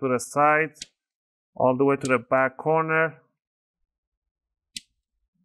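Someone talks while a prying tool is worked along the side toward the back corner of the plastic bottom cover of an HP 14 Fq0028 laptop. A single sharp click is heard at 4.8 seconds as a bottom cover clip pops loose from the palm rest at the corner, releasing it.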